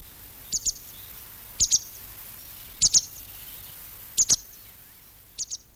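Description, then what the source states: Bird flight calls: very high, thin double chirps given in pairs, repeated roughly every second, over faint low background rumble. Flight calls of birds on migration.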